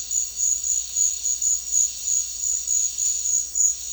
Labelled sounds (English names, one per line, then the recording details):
none
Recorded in secondary vegetation near Puerto Asís, Putumayo, Colombia, on 8 March 2025 at 14:00
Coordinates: 0.499, -76.323
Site G094